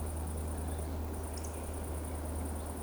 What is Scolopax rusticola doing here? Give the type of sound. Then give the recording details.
whistle. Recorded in Baden-Württemberg, Germany, on 25 June 2020 at 20:01 UTC. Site 14569, 102 m above sea level